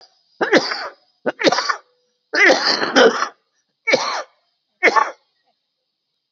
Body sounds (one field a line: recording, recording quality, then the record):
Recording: heavy voluntary cough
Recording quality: excellent, no background noise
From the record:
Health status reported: COVID-19 positive, moderate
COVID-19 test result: positive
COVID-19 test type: RT-PCR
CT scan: not taken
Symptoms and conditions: cough, sore throat, fatigue, diarrhoea, hypertension, diabetes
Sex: male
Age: 72 years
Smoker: no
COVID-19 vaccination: both doses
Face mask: worn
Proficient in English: no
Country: India